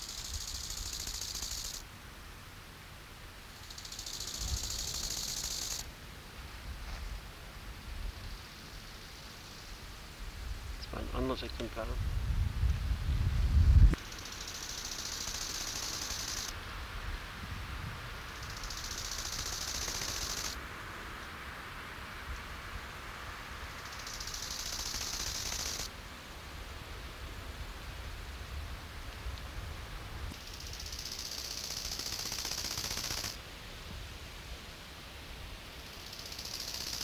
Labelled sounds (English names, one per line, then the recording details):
Bow-winged Grasshopper stridulation
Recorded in the wild
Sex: male
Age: imago
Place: Treuchtlingen, Naturpark Altmühltal, Bayern, DE
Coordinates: 48.96, 10.91
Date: 1993-09-16 14:27
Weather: 17°C, bedeckt, böig, z. T. Regen
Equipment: Marantz CP 430, Sennheiser MKH 416 T, Kopie Uher Variocord 263
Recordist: Tembrock, Günter
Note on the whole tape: Stridulation und Rivalenlaute von verschiedenen Männchen; 17 °C